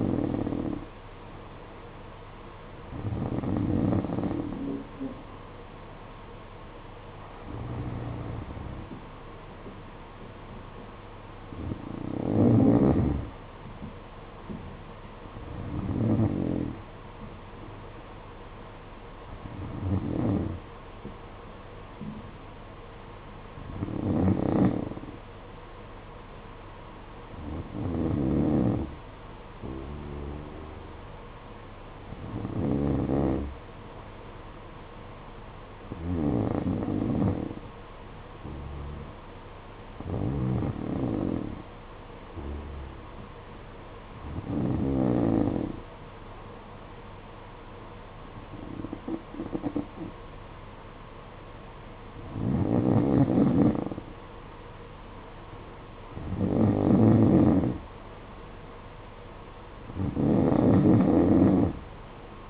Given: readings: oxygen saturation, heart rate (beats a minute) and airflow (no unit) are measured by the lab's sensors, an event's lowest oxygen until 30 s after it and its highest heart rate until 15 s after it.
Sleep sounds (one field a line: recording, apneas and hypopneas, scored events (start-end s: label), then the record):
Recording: breathing in sleep by a voice recorder at the bedside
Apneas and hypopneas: none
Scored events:
none scored
From the record:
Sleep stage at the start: N2 (light sleep)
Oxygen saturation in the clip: 91 to 93%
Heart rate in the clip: 51 to 56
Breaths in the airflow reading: 16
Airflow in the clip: -9.9 to 6.5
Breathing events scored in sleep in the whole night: 476 in 9.7 hours asleep